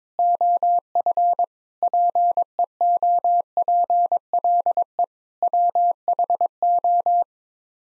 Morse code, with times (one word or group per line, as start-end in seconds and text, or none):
0.2-1.4 OF
1.8-5.0 PEOPLE
5.4-7.2 WHO